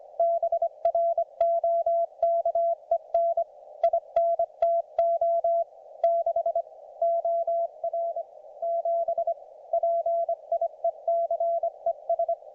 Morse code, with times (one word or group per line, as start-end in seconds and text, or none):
0.2-3.4 BROKEN
3.8-5.6 INTO
6.0-6.6 6
7.0-8.2 OR
8.6-9.3 7
9.7-12.3 PIECES